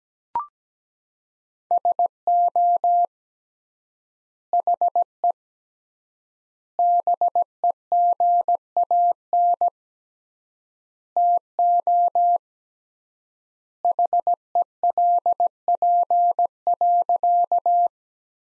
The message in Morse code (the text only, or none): SO HE BEGAN TO HELP.